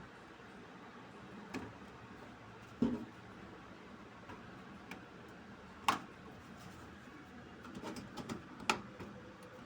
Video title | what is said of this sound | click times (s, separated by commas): HOW TO CHENGE RAM IN DESK TOP WINDOWS 10 OS NEED 3RAM AND MORE | okay சின்னதா இருந்தாலும் lock ஆகுமான்றது doubt இருந்தது இது கரெக்டா lock ஆயிடுச்சு | 5.9 s, 8.7 s